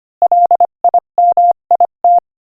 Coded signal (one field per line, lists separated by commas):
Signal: Morse code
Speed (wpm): 24 wpm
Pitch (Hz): 700 Hz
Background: none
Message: LIMIT